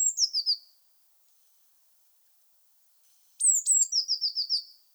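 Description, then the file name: Eurasian blue tit singing two phrases, each opening with a very high sliding note and ending in a brisk, evenly spaced trill; silence fills the gap between them. "Cyanistes caeruleus"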